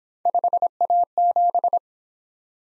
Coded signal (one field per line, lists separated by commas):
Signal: Morse code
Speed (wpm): 24 wpm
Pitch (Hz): 700 Hz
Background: none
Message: 5A7